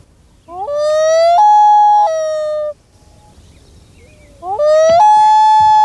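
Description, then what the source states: Common Loon wailing: two long wails, each sliding up into held notes with rich overtones, separated by a pause of nearly two seconds. Solo wail, described as piercing; heard on a lake more often than the hoot.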